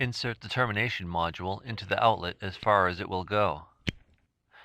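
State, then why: Partly seated. Someone talks as a cable termination module is pushed as far as it will go into the back of a Z-MAX UTP network outlet. A sharp click at 3.9 s is the latch passing the first of two retention bumps. The module is only partly seated, since the second bump locks it only after termination with the Z tool.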